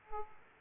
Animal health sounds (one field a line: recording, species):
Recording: mosquito wingbeat signal from an infrared sensor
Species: Aedes aegypti